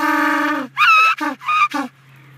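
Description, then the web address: African penguin calls, one long loud nasal drawn note followed by four shorter harsh, wavering honks in quick succession. Prolonged call. "suono prolungato in cui il pinguino occhialuto emette suoni spheniscus demersus"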